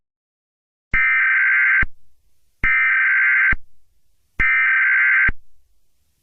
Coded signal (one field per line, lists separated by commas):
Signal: Emergency Alert System (SAME) tones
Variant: header bursts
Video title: EAS Scenario #3: Freedom's Rampage